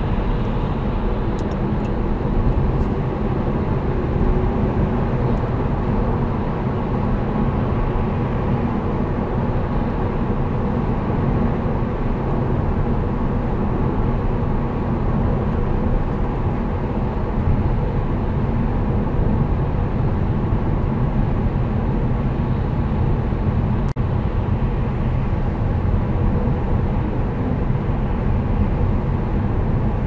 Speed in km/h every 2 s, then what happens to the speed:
94, 102, 106, 106, 106, 104, 101, 101, 100, 98, 96, 93, 91, 91, 92.
0-4 speeds up to 106. 4-9 steady at about 106. 9-24 slows to 91. 24-30 steady at about 91.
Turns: none.